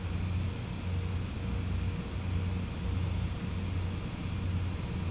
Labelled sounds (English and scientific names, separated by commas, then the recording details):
none
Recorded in pastures near Puerto Asís, Putumayo, Colombia, on 21 December 2024 at 02:30
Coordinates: 0.505, -76.324
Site G063